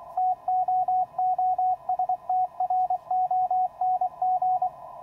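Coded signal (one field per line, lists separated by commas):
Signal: Morse code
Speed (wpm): 24 wpm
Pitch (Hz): 740 Hz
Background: radio noise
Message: TOO STRONG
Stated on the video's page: QRP contacts at 5 watts from the field on the 20 meter band, reaching far-away stations.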